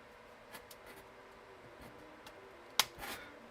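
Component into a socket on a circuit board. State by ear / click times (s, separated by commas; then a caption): seated / 2.8 s. A small component is pressed by hand into a socket on a circuit board during hand assembly, with faint handling ticks before one sharp, loud click at 2.8 s as it seats. A softer rustle follows just after.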